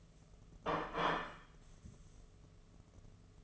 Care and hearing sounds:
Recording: daily activity, microphone in the room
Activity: place plate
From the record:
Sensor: 4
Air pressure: 1015.9 hPa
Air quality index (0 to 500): 208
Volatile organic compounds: 13 ppm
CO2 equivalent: 2399 ppm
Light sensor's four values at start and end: 17/40/17/17 and 17/40/17/17

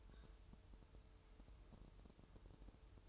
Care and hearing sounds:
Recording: daily activity, microphone in the room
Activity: take from stove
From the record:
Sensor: 2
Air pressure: 988.2 hPa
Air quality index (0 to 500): 190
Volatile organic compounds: 180 ppm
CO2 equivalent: 4142 ppm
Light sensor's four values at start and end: 21/70/27/26 and 21/70/27/26

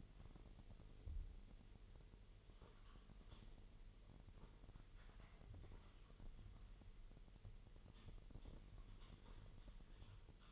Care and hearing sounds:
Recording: daily activity, microphone in the room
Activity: typing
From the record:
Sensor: 4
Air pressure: 1002.9 hPa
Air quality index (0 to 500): 248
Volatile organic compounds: 19 ppm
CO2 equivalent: 2652 ppm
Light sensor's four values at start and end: 5/12/4/5 and 5/12/4/5

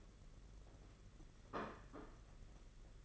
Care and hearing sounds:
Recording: daily activity, microphone in the room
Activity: place plate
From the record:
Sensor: 4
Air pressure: 992.6 hPa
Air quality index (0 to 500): 135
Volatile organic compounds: 57 ppm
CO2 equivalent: 3378 ppm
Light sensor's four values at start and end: 19/65/24/25 and 19/65/24/25

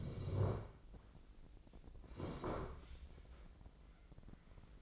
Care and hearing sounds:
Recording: daily activity, microphone in the room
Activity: sit down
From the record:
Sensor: 5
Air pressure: 1012.4 hPa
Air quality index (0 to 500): 153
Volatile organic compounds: 2 ppm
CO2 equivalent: 1050 ppm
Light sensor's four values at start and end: 271/649/277/309 and 271/649/277/309

